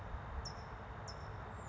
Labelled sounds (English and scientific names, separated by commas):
California Towhee (Melozone crissalis)